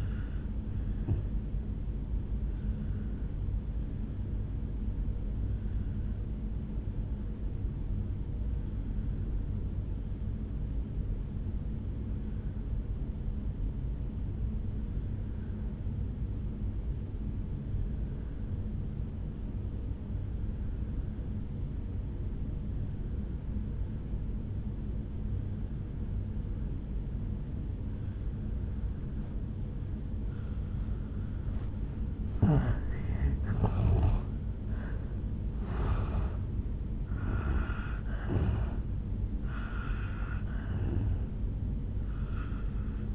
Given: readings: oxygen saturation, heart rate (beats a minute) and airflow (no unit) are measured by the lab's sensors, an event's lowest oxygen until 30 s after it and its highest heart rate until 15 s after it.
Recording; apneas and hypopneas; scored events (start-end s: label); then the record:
breathing in sleep by a smartphone at the bedside; 1
3.00-33.30 s: obstructive apnea (N1, oxygen 97% highest, then 86% lowest, heart rate 65 at the start, 74 highest)
From the record:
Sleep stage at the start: N1 (lightest sleep); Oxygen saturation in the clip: 84 to 97%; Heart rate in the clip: 55 to 74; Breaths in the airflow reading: 4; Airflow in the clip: -8.4 to 6.6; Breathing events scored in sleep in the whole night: 449 in 7.0 hours asleep